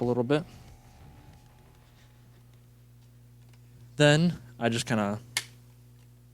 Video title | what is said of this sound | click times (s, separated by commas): Transformers Legacy Generations Selects Black Zarak Transformation Guide! | pop these out pop these out | 5.4 s